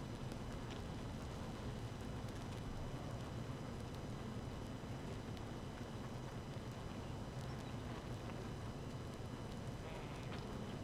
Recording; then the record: honeybee colony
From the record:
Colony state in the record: active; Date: 12 June 2018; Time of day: 6:33